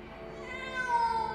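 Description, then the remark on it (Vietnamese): A cat yowls in one drawn-out, wavering cry that rises in pitch and swells louder toward the end, sounding eerily like a crying child. “Tiếng son nồi đổ loảng xoảng dưới bếp, tiếng mèo kêu như là trẻ con khóc lại vang lên.”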